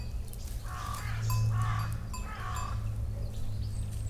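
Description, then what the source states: Pyrenean goat bleats: three nasal, wavering calls in quick succession, each about half a second long, over a steady low rumble. Herd of Pyrenean goats clearing a plot enclosed by an electric fence at the bottom of a valley, Saint-Jean, France; recorded with DPA 4060 small AB pair and SD MixPre6.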